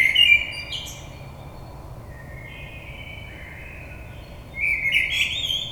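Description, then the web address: Common blackbird: brief warbled whistle with high twitters at the start, a soft lull, then another mellow fluting phrase with squeaky high notes at the end. 22 May 2022. "oiseaux Merle 2022 05 22"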